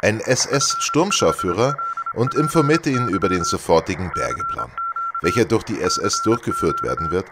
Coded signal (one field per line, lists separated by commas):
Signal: Morse code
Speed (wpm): 26 wpm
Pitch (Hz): 1360 Hz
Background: speech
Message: F5LPY CQ CQ